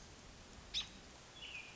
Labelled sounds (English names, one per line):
American Robin